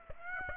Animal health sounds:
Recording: mosquito wingbeat signal from an infrared sensor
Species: Aedes aegypti

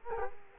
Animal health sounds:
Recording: mosquito wingbeat signal from an infrared sensor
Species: Culex quinquefasciatus

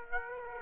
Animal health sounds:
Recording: mosquito wingbeat signal from an infrared sensor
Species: Aedes aegypti

